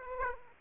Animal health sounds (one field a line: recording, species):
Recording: mosquito wingbeat signal from an infrared sensor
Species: Aedes aegypti